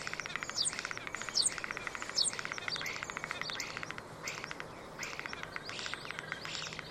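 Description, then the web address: Common starling giving rapid rattling, buzzy pulses with sharp downslurred whistles near the start, in a dense, continuous chatter. "Deverinetal 2025. Bird Only"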